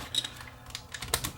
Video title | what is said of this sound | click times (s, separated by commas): Sony DCRTRV120 Digital 8 Handycam Shuts down with error code | Pops in place, snaps in place, | 1.1 s